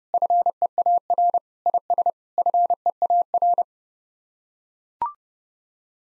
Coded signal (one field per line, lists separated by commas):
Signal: Morse code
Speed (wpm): 30 wpm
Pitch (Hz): 700 Hz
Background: none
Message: FEAR IS FEAR